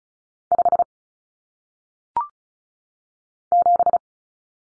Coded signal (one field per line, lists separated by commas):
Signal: Morse code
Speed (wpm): 36 wpm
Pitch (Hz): 700 Hz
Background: none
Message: 5 7